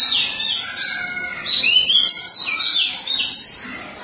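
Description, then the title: Oriental magpie-robin song, a dense, overlapping run of high chirps and short warbled notes with scratchy twitters, continuous throughout with no other clear sounds. Chirping song (kicauan) of the bird. "Suara Kicauan Burung Kacer Durasi Panjang"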